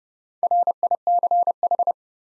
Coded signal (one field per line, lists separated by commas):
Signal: Morse code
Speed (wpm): 30 wpm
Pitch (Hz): 700 Hz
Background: none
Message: RICH